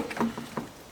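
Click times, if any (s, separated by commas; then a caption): none. An indicator bulb socket is twisted and walked into the plastic headlight housing of a D22 Navara, giving a few short plastic knocks and scrapes. The socket is only being handled and has not seated or clicked into the housing yet.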